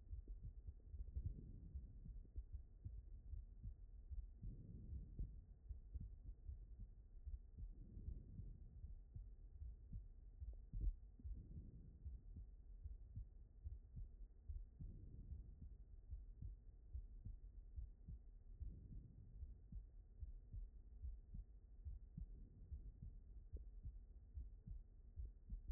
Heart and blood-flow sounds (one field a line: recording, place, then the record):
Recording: heart sounds by stethoscope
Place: aortic valve (AV)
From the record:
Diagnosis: non-HFrEF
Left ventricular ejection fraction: 57%